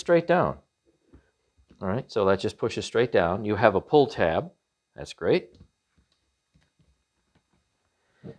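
Someone talks while lining up the pull-tab module (battery or bin) for a Maircle S3 Pro cordless vacuum, checking which way round it goes before pushing it straight down into the plastic vacuum body. Only faint, brief handling taps are heard, near 1.7 s and 6.1 s. Nothing has seated or clicked yet.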